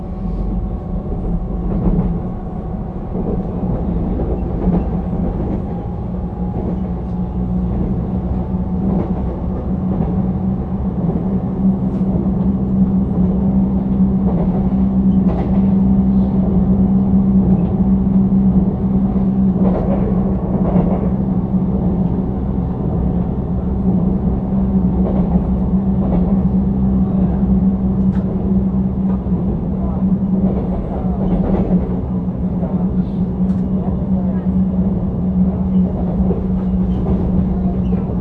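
A northbound local commuter train, heard from on board, with a steady low rumble and a constant hum throughout. Brief clicks and knocks from the wheels and car fittings come every few seconds, and faint speech surfaces now and then beneath the running noise.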